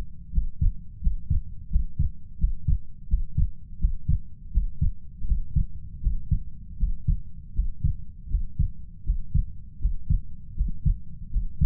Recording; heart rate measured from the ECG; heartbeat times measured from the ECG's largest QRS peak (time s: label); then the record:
heart sounds by stethoscope; 82 bpm
0.31 s: heartbeat
1.00 s: heartbeat
1.69 s: heartbeat
2.38 s: heartbeat
3.07 s: heartbeat
3.78 s: heartbeat
4.51 s: heartbeat
5.25 s: heartbeat
6.00 s: heartbeat
6.77 s: heartbeat
7.53 s: heartbeat
8.28 s: heartbeat
9.03 s: heartbeat
9.79 s: heartbeat
10.54 s: heartbeat
11.30 s: heartbeat
From the record:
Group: healthy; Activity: Valsalva maneuver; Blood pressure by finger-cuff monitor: 94/59 mmHg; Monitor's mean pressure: 68 mmHg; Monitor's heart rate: 85 bpm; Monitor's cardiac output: 6.8 L/min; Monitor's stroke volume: 81 mL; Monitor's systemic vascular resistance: 720 dyn s/cm5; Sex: female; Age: 19 years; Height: 163 cm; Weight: 48.9 kg